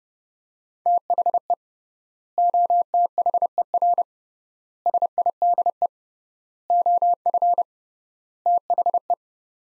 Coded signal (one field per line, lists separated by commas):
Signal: Morse code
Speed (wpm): 30 wpm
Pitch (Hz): 700 Hz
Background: none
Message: THE OTHER SIDE OF THE